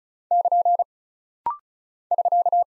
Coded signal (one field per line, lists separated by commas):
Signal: Morse code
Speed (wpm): 36 wpm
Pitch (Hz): 700 Hz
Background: none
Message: <KN> <SK>